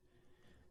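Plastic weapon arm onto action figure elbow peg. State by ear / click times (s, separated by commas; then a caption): not seated / none. A plastic weapon arm part, the gravity sling that fits only the right arm, is lined up with the elbow-joint peg of a Robot Spirits Gipsy Avenger Pacific Rim Uprising action figure and pushed on. Only quiet, low handling rustle with a faint steady hum is heard. Nothing has clicked or seated yet.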